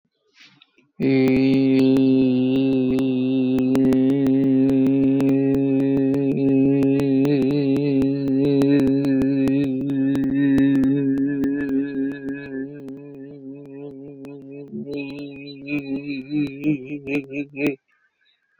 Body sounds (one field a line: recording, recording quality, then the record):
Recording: sustained vowel as in beet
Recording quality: excellent, no background noise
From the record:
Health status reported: exposed to COVID-19, no respiratory illness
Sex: male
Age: 32 years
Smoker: no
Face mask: not worn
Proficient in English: yes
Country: India